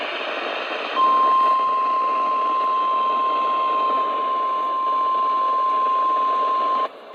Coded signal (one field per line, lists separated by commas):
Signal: Emergency Alert System (SAME) tones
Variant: 1050 Hz attention tone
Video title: THE START OF 2022… EAS Tests from 1/4/2022-1/26/2022 (EAS #870-881)